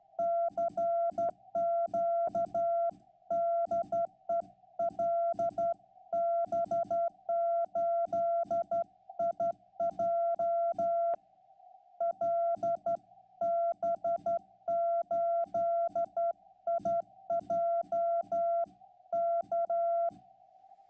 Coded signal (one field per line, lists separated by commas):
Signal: Morse code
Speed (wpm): 12 wpm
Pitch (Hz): 680 Hz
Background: none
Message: CQ DE LB8IJ LB8IJ K